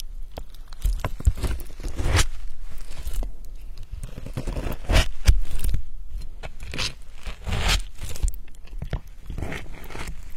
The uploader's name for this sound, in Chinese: 切菜的声音